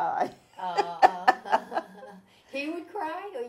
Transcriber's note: laughs